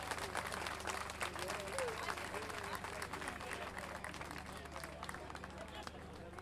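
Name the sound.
audience applause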